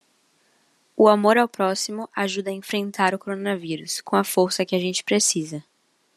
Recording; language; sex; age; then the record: spoken sentence; Brazilian Portuguese; female; 18 to 19 years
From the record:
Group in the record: control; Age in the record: 19 years